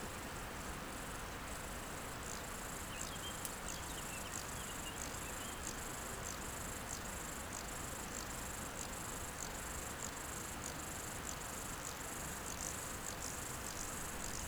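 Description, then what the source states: Bow-winged grasshopper song: high, scratchy pulses repeated regularly for the whole stretch over low background noise. Recorded beside the Nant Fourchu road in a meadow near the Chéran river, École, France; several singing grasshoppers.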